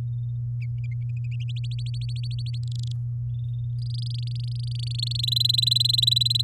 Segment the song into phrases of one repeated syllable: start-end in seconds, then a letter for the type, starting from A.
1.64-2.58 A, 2.63-2.92 B, 3.79-5.21 C, 5.23-6.42 D